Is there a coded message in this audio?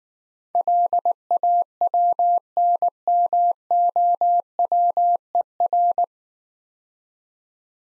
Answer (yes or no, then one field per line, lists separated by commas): yes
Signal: Morse code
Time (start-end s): 0.6-6.0 s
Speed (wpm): 19 wpm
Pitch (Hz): 700 Hz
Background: none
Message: LAWNMOWER